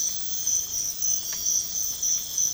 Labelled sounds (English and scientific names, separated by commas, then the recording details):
none
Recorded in pastures near Puerto Asís, Putumayo, Colombia, on 12 March 2025 at 05:00
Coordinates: 0.502, -76.324
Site GP07